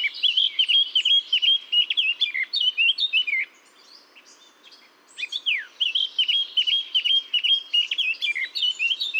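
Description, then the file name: Eurasian blackcap song: rapid, varied warbling phrases of clear whistles and chirps, pausing briefly midway before another loud burst of fluty notes resumes. "Sylvia atricapilla"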